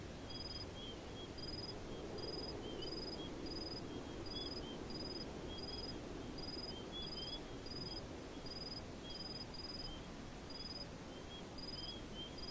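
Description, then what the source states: Crickets give brief pulsed chirps at a steady pace, while softer lower chirps from another cricket scatter between them over constant hiss. Several crickets, recorded in the desert.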